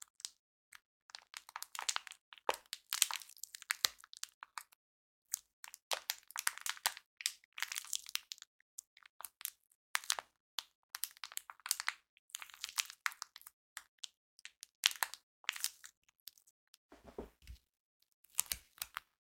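Sticky floam is squeezed and pulled, giving dense clusters of bright crackling pops and sticky snaps that come in rapid irregular bursts throughout. Short gaps break up the crackles, and a couple of duller, lower squishes stand out near the end.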